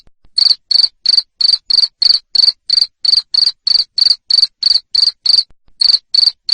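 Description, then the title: Cricket producing a run of loud, high-pitched chirps at a quick regular pace, about three each second, with a short break near the end. Loud cricket chirping played to make lovebirds sing continuously. "Suara JANGKRIK NGERIK Keras Bikin LOVEBIRD Jadi NGEKEK Terus"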